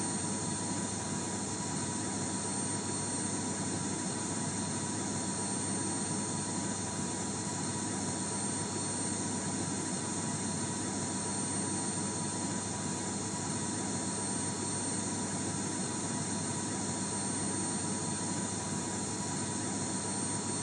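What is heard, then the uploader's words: A vacuum cleaner runs without pause, a dense, steady roar that neither rises nor falls. Loud, it pairs a low churning rumble with a constant thin whine held high above. No other sounds break through. ASMR Vacuum.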